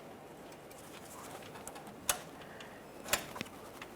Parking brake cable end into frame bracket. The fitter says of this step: After an audible click, we're going to give this a little tug, trying to remove it.